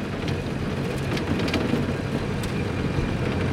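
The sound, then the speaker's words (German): A car drives along with a steady, continuous low rumble of engine and road noise, a faint hiss on top and a few soft ticks, with no voices. “Ich kann nicht Auto fahren. Dann lernst du's jetzt. Rutsch rüber. Sofort lenkst du den Wagen.”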